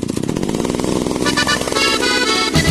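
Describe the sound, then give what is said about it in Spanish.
A chainsaw engine roars loudly and steadily, its buzzing pitch climbing as it revs up, then dropping briefly before surging again at the end. “Agrifor es el que más sabe de motosierras en Talca.”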